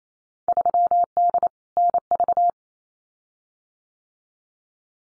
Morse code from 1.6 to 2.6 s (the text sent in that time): NV